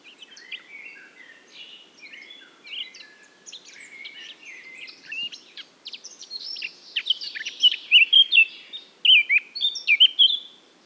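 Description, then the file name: Eurasian blackcap singing a long, subdued twittering warble that swells into loud, rich, fluty whistles toward the end. "Sylvia atricapilla"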